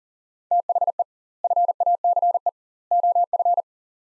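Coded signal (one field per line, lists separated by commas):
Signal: Morse code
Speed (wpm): 40 wpm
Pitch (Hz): 700 Hz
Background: none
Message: THE FACE OF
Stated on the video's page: Morse practice of three-word sets at 40 wpm with double word spacing, a Farnsworth-like method, each set sent then spoken.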